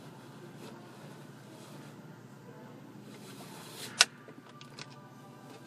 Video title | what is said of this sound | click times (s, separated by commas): Ford Radio Removal- NO SPECIAL TOOLS | you hear they snap back in | 4.0 s